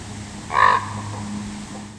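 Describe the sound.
Common raven giving one short, harsh croaking call with a hoarse, throaty tone, over a low steady hum.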